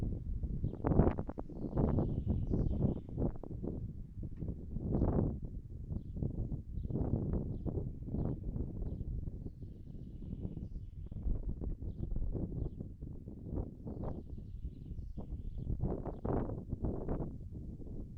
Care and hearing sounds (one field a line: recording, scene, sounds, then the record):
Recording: everyday scene through a hearing-aid microphone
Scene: wind on the microphone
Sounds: wind, birds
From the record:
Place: in front of a rural house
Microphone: behind the ear, right, front